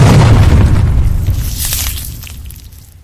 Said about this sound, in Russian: Подземелье огласила раскатистая волна грома, когда крупный микоид раздулся настолько, что его разорвало.